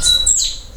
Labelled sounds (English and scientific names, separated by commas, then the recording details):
Stitchbird (Notiomystis cincta) song
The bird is a male
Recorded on Tiritiri Matangi Island, New Zealand, in 2005
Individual 20, of nest box 28